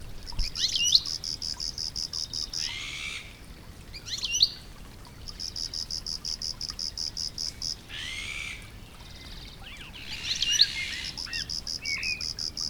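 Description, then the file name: European goldfinch twittering in several short bursts of tinkling, slurred notes, over a continuous high pulsing sound. "Carduelis carduelis"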